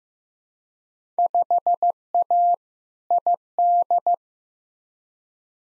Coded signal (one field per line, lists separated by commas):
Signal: Morse code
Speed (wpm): 15 wpm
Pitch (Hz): 700 Hz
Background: none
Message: 5A ID